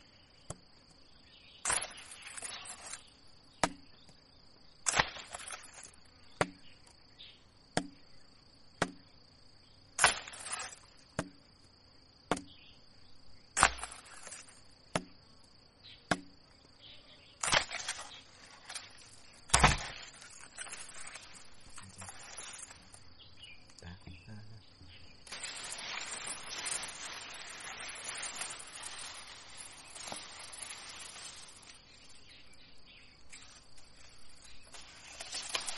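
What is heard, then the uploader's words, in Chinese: Sharp chopping strikes land every second or so in a mountain tea garden, giving way to rustling, over a constant high insect drone. 山野茶园的劳作声也很疗愈。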